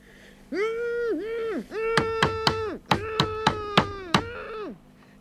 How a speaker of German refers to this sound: Ja, da hat doch jemand geklopft.